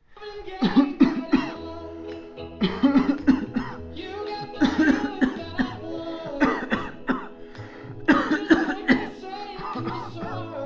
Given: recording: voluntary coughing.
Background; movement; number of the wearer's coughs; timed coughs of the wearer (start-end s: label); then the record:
music; sitting; 20
0.60-0.98 s: cough
0.98-1.30 s: cough
1.30-1.71 s: cough
2.60-2.91 s: cough
2.91-3.15 s: cough
3.25-3.53 s: cough
3.54-3.91 s: cough
4.59-4.87 s: cough
4.87-5.15 s: cough
5.19-5.49 s: cough
5.56-5.88 s: cough
6.39-6.66 s: cough
6.69-7.00 s: cough
7.06-7.38 s: cough
8.06-8.40 s: cough
8.47-8.77 s: cough
8.86-9.19 s: cough
9.49-9.88 s: cough
9.88-10.15 s: cough
10.15-10.54 s: cough
From the record:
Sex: male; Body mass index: 21.0 kg/m2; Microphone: on the chest, facing outward